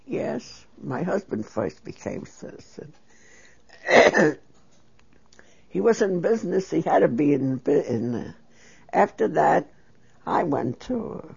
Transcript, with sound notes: Yes, my husband first became a citizen. ( she clears her throat ) He was in business, he had to be in. After that, I went too.